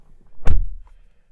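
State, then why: Seated. A 2025 KGM Torres car door is swung shut, its latch catching on the striker on the body with a single loud, short, deep thunk at about 0.5 s. A faint tap follows at around 0.9 s. The latch seats fully, and the closing sound is judged excellent.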